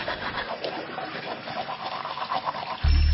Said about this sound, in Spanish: Si dejas el grifo abierto mientras te cepillas o te lavas la cara, desperdicias más de 10 litros de agua.